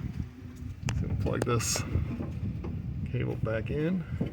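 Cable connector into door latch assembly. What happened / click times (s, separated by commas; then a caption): A cable connector is handled but has not clicked home yet / none. A cable connector is being plugged back into a new rear door latch assembly on a 2013 Chrysler Town & Country while someone talks. A sharp tap comes at 0.9 s and a softer knock at 2.7 s, over a low background hum. The clip ends before the connector seats, so nothing has clicked in yet.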